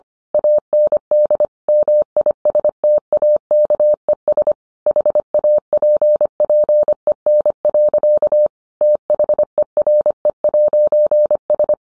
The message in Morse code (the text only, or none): AND MISTAKES HAPPEN. THERE'S